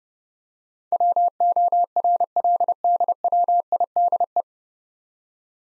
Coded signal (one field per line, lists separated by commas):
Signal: Morse code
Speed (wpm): 32 wpm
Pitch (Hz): 700 Hz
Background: none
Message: WORLDWIDE